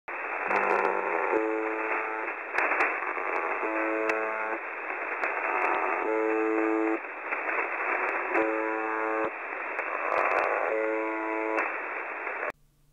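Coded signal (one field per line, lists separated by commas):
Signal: channel marker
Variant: UVB-76 (The Buzzer)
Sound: harsh low buzzes roughly every 2.3 seconds, five in total, over loud hiss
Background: radio static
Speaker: this over here is something called the buzzer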